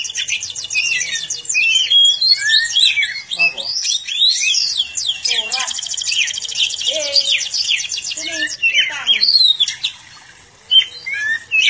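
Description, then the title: Oriental magpie-robin singing a dense, fast medley of scratchy buzzes, rattling trills and clear whistled notes, with a few lower slurred phrases and a brief lull near the end. "Kacer5"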